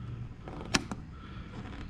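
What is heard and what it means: A plastic reflector cover, the last piece of a C8 Corvette tail light modification, is pressed over the tail light's reflector section. It snaps into place with a sharp click at 0.8 s, followed by a softer tick just after. The cover is seated, and no one talks.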